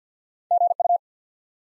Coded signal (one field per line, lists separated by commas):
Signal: Morse code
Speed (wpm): 50 wpm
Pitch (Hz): 700 Hz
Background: none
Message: GU